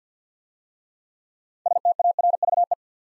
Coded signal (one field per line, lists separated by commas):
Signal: Morse code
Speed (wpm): 47 wpm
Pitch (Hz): 700 Hz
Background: none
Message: STARVE